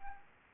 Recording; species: mosquito wingbeat signal from an infrared sensor; Anopheles arabiensis